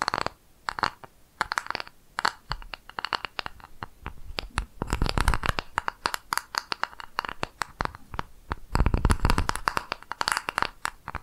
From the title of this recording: ASMR Tapping